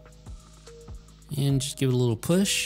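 A Level Lock smart lock gearbox is slid onto the deadbolt's puzzle-piece contacts and given a little push. Faint light ticks come at about 0.1, 0.3 and 0.7 seconds over quiet background music, and then someone talks from about 1.3 seconds. The clip ends before the gearbox goes home, so nothing has seated or clicked yet.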